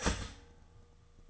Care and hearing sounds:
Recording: daily activity, microphone in the room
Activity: start toaster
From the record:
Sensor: 4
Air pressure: 1005.0 hPa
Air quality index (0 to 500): 186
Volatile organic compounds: 5 ppm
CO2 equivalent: 1830 ppm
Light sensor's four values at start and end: 17/56/21/19 and 17/56/21/19

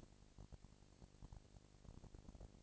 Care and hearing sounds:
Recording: daily activity, microphone in the room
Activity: no activity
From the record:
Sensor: 5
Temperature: 19.8 degrees Celsius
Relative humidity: 36.7%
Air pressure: 997.2 hPa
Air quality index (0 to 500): 169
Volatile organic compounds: 14 ppm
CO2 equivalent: 2444 ppm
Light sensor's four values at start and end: 2/3/1/1 and 2/3/1/1

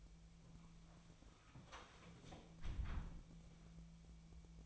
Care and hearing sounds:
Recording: daily activity, microphone in the room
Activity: close door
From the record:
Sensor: 1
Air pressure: 1000.5 hPa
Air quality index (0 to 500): 182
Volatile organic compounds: 4 ppm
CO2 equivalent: 1682 ppm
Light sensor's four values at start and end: 13/30/13/14 and 12/29/12/14

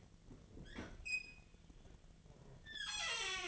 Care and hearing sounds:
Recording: daily activity, microphone in the room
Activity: open fridge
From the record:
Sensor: 4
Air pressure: 1010.5 hPa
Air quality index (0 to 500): 177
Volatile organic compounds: 5 ppm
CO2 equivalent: 1796 ppm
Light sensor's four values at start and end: 32/94/37/36 and 29/88/34/34

